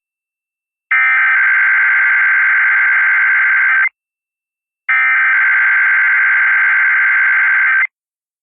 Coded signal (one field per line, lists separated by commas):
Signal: Emergency Alert System (SAME) tones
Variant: header bursts